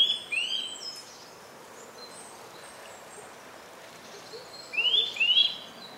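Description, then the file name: Eurasian nuthatch calling: a quick pair of sharp rising notes at the start and another pair near the end, with faint bird chirps between. "Sitta europaea"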